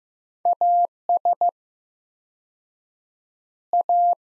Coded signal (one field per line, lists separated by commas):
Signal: Morse code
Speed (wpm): 15 wpm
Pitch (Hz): 700 Hz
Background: none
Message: AS A